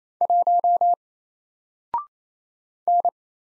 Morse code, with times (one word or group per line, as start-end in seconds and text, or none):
0.2-0.9 1
2.9-3.1 N